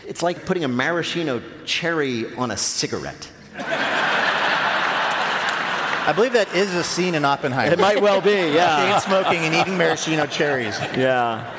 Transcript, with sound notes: it's like putting a maraschino cherry on a cigarette.
(LAUGHTER)
I believe that is a scene in "Oppenheimer."
It might well be, yeah.
Chain-smoking and eating maraschino cherries.